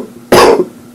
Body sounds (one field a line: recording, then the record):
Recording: coughing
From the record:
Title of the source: Coughing 77